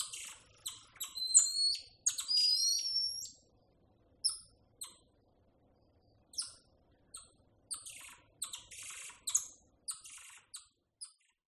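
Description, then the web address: Golden lion tamarin gives high, thin whistles and sharp chirps in irregular bursts, some notes sliding, with quiet gaps between calls. "macaco tamarinho dourado"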